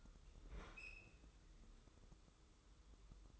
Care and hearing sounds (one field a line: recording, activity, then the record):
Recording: daily activity, microphone in the room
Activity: open fridge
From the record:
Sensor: 3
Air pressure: 995.3 hPa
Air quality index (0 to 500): 78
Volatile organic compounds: 6 ppm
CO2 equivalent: 1837 ppm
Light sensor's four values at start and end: 19/56/24/21 and 19/56/24/21